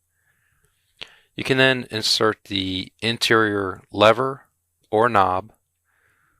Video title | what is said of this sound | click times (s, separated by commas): How to Install an Arrow Commercial Door Hardware RL Lever Lock | then rotate clockwise to lock into place | 0.7 s, 1.0 s